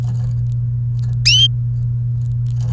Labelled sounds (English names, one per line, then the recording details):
Domestic Canary song
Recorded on 29 April 2018 at 10:28
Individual llb3